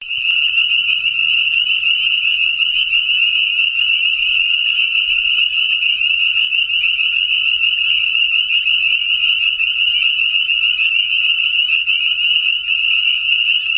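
Spring peeper chorus: many high, sharp peeping calls blending into a constant, even, shrill wall of sound throughout, with nothing else clearly heard.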